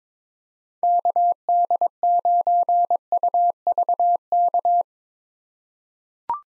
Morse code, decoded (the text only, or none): KD9UVK